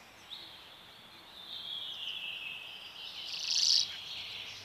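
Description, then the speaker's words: Common Redpoll, a thin high buzzing sound that dips and then rises again, loudest near its end, over faint hiss. Described as a soft whispering or rustling sound as it flies over. "Tällainen ääni kuuluu urpiaisesta."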